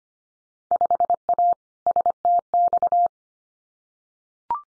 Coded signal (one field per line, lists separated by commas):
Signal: Morse code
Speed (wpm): 25 wpm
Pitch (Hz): 700 Hz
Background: none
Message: 5A STX